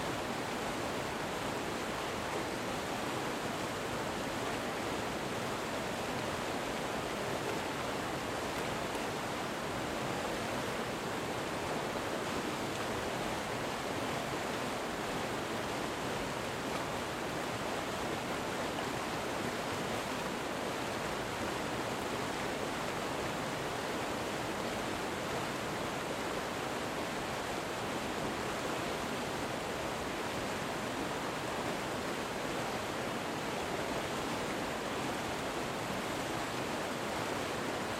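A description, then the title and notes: A waterfall roars without pause, a dense, even rush of falling water that never rises or fades across the whole stretch. The sound sits full, strongest in the middle and upper range, with only a thin low rumble beneath and no other sounds. Cascada Del Rio Pipo - Lapataia. Recorrido sonoro por Uahuaia y Lapataia - Tierra del Fuego - Argentina.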